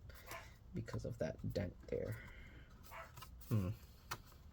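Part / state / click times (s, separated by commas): laptop bottom cover clip into chassis / seated / 4.1 s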